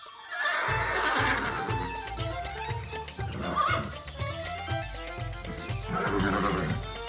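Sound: horse neighing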